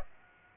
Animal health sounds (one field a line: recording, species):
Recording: mosquito wingbeat signal from an infrared sensor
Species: Aedes aegypti